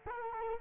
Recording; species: mosquito wingbeat signal from an infrared sensor; Culex quinquefasciatus